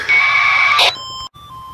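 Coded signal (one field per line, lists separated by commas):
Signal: beep code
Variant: Yaesu handheld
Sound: hissy radio noise with tones, a short data buzz, then three quick electronic beeps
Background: radio static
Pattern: 3 tones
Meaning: The radio heard its own APRS packet relayed back by a digipeater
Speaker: all right i got it that little three-tone d-lead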